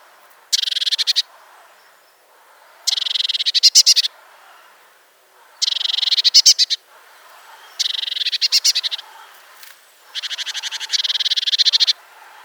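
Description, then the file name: Eurasian blue tit churring: five rasping, rapid-note bursts spread over twelve seconds, several ending in louder clicking notes, with quiet pauses between them. "Cyanistes caeruleus"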